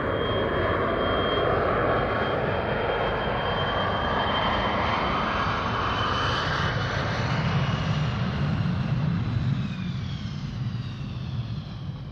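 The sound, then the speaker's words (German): A loud, steady airplane engine roar at Kraków Airport, a broad rumbling wash with a whining high tone that slowly shifts in pitch, holding strong throughout before easing slightly at the end. “Flughafen Krakau. Im Flughafenbus zum Terminal Johannes Paul II.”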